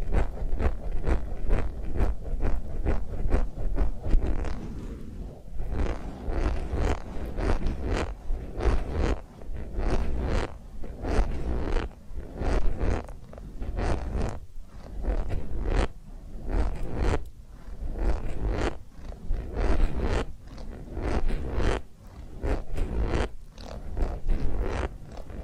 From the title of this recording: Massage, Ear Cleaning and Spa